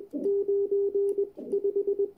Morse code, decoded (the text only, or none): 9 5